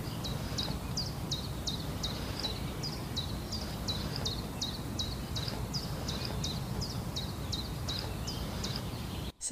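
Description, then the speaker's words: Common chiffchaff song, a steady series of high notes repeated evenly, a few per second, over low rumbling background noise. Song, played as a sound quiz recording. "C'était le chant d'un pouillot véloce."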